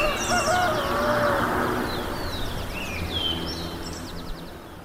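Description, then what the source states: Birds chirping and trilling, with quick high twittered phrases and short whistled notes over a steady outdoor background hum. Recorded in the morning.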